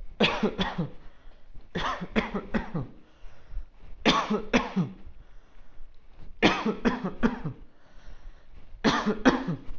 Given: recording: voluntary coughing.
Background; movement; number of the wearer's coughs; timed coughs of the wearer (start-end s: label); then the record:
quiet; walking; 12
0.18-0.53 s: cough
0.58-0.99 s: cough
1.73-2.08 s: cough
2.13-2.47 s: cough
2.52-2.88 s: cough
4.03-4.44 s: cough
4.51-4.90 s: cough
6.40-6.76 s: cough
6.82-7.14 s: cough
7.21-7.53 s: cough
8.82-9.17 s: cough
9.23-9.57 s: cough
From the record:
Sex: male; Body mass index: 20.5 kg/m2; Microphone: on the chest, facing outward